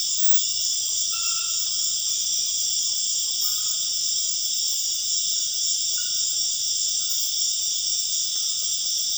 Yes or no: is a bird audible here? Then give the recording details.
no. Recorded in dense forest near Puerto Asís, Putumayo, Colombia, on 4 March 2025 at 01:00. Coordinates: 0.481, -76.323. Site G088